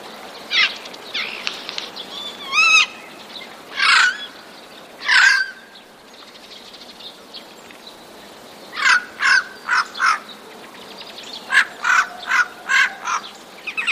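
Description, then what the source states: Eurasian jay uttering harsh, rasping notes, including a brief wavering whistle early on, then a quick series of short scratchy bursts in two volleys. Warning call of a jay, 31 March 2013.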